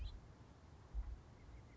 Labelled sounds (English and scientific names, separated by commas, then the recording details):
House Finch (Haemorhous mexicanus)
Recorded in Sonoma County, California